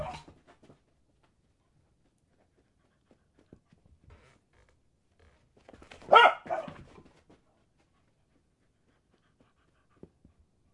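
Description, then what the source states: Dog barks at the start and again more loudly midway, with soft clicks and movement in between. Dog barking while playing fetch.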